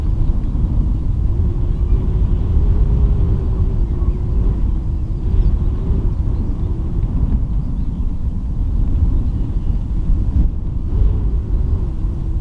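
Wind roars around the lighthouse at Rubjerg Knude, a heavy, steady low rumble that barely changes over the twelve seconds. A faint hiss of flying sand sits above it, and a faint droning tone runs through the middle, wavering slightly.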